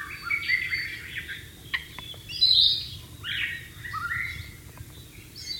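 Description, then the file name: White-rumped shama song, softer and partly masked by background hiss: whistled slurs and buzzy notes in loose phrases. Wild bird, singing in its natural habitat. "suara burung murai batu di alam liar"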